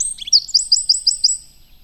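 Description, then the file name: Eurasian wren, a brief burst of about six sharp, evenly spaced high notes fading at the end. "Troglodytes troglodytes"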